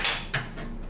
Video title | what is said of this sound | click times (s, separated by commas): Prolux RS7 Pro Stick Vacuum - Everything You Need to Know! | push it in. If you hear a click, that lets you know that you have it installed all the way. | 0.3 s